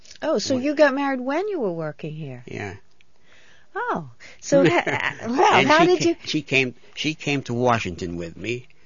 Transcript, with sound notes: Oh, so you got married when you were working here.
Yeah. (laughs)
So how did you...
She came, she came to Washington with me.